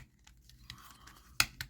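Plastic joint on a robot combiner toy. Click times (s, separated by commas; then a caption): 1.4 s. A partly seated plastic joint on a robot combiner toy is pushed in by hand, with faint crinkly handling noises and small ticks leading up to it. It snaps home with a sharp, loud click at 1.4 s, followed by a softer click at about 1.6 s, and the joint is seated.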